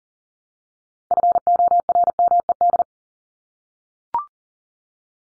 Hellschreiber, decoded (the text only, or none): none